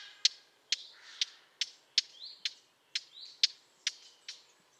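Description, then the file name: Eurasian blackcap giving hard clicking tac calls, about two a second, with faint thin notes in between. "Sylvia atricapilla"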